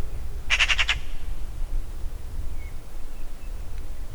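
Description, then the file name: Eurasian magpie giving one short, harsh rattling chatter of about five rapid notes, over a steady low rumble of background noise. "Pica pica"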